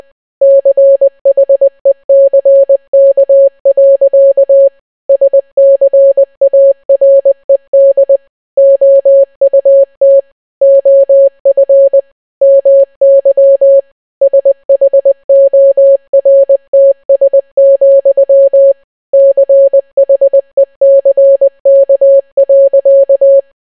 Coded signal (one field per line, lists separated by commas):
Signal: Morse code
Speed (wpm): 20 wpm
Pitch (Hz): 550 Hz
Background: none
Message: CHECK. SCARED OUT OF MY SHORTS, CHECK.